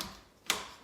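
A Bugaboo FOX stroller's belly bar end, which has a clip like a seat belt buckle, is pushed into its mount on the stroller seat. There is a faint tick at the start, then a sharp snap at 0.5 s. The belly bar clip is seated.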